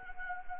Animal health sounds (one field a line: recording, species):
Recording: mosquito wingbeat signal from an infrared sensor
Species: Anopheles arabiensis